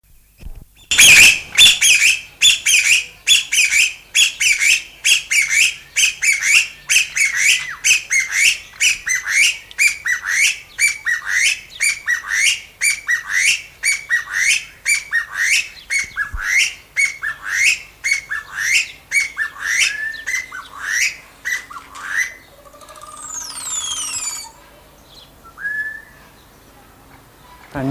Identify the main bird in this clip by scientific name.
Bambusicola thoracicus